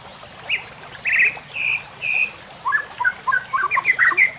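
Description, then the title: White-rumped shama song: a few long, full whistled notes, then a rapid jumble of short warbled notes, with a constant high whine in the background. Masteran (training recording for cage birds), murai batu Labaik. "MASTERAN MURAI BATU LABAIK"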